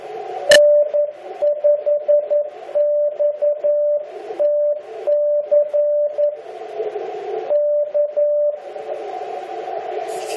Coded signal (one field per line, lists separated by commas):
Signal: Morse code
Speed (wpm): 11 wpm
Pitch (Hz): 590 Hz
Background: radio noise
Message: N5XTC K